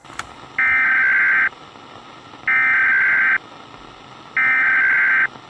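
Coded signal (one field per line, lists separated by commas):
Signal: Emergency Alert System (SAME) tones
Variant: header bursts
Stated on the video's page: Fictional analog horror EAS scenario, presented as an official broadcast warning.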